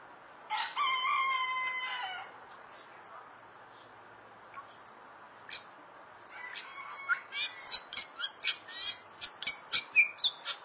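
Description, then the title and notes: Starling or myna calls: a long nasal, harmonic note, a quiet gap with faint notes, then a series of sharp, chattering clicks and squeaks. "suara burung jalak"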